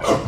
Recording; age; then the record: pig call; growing-finishing pig (85 days or more)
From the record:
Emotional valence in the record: positive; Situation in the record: run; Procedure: transit